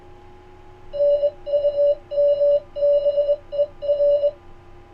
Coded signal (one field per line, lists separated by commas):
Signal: Morse code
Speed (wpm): 20 wpm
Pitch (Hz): 580 Hz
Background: none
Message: NUMBER